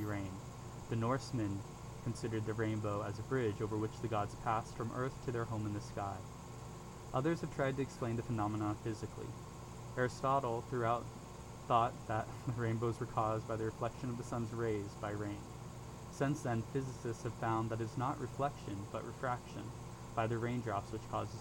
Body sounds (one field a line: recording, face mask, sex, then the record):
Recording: reading aloud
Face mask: surgical mask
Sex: male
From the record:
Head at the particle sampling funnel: turned sideways, cheek in front of it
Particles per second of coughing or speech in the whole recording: 0.0258